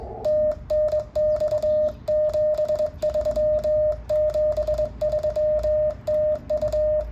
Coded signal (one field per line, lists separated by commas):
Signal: Morse code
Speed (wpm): 20 wpm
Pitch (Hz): 610 Hz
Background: radio noise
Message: TNX 73 73 TU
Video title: 이세계에서는 내가 모스 부호 능력자?